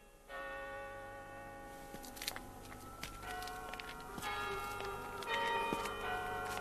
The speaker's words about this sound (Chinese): 你们办公室离外滩很近吗？都可以听见海关的钟声了啊。